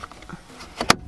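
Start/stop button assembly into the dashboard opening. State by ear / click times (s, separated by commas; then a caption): seated / 0.9 s. A red plastic start/stop button trim assembly on an F80 M3 is popped back into its dashboard opening. Faint small plastic ticks and rustles come first, then a brief snap at 0.8 s and a sharp, bright click at 0.9 s. The assembly seats firmly in the dash.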